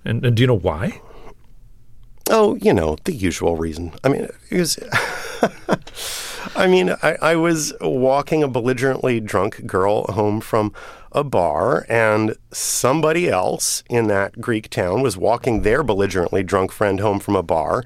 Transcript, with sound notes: And do you know why?
Oh, you know, the usual reason. I mean - (laughter) I mean, I was walking a belligerently drunk girl home from a bar, and somebody else in that Greek town was walking their belligerently drunk friend home from a bar.